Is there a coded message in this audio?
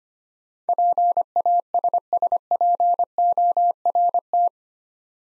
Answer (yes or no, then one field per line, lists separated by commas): yes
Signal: Morse code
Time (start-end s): 0.7-4.5 s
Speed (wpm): 25 wpm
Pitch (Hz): 700 Hz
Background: none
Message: PASSPORT